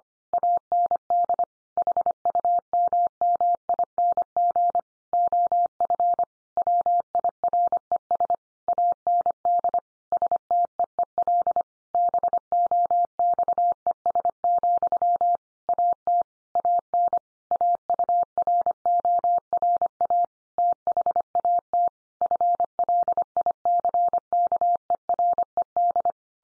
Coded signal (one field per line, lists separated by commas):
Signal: Morse code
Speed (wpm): 25 wpm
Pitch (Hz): 700 Hz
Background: none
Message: AND HUMMING OF WIRES AND STEEL BOXES, AT AN AURORA THAT FLICKERED